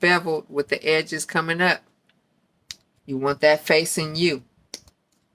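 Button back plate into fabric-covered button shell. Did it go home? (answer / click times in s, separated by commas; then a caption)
yes / 4.7 s. A button back plate is pushed into a fabric-covered button shell while someone talks. A sharp click at 4.7 s marks the back snapping in and seating.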